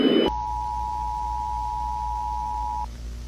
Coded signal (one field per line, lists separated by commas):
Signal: Emergency Alert System (SAME) tones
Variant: 853 and 960 Hz attention tone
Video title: EAS Project PLAYER {gorilla} (GORILLA TAG EAS ALARM NOT STOLEN)